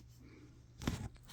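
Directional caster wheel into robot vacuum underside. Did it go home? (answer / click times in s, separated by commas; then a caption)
yes / 0.8 s, 0.9 s. The front directional caster wheel assembly of a Kyvol robot vacuum is pushed into its housing on the vacuum's underside, top first and then each side. Two sharp plastic clicks at 0.8 and 0.9 seconds mark it snapping into place, followed by a few faint ticks. The wheel module is seated.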